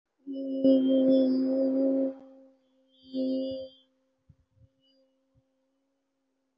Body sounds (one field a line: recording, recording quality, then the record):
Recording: sustained vowel as in beet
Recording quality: excellent, no background noise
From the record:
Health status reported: COVID-19 positive, moderate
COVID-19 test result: positive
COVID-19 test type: RT-PCR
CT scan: taken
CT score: 1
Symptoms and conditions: fever, fatigue, loss of smell and taste, another condition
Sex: female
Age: 30 years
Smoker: no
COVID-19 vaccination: both doses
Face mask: worn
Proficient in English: yes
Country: India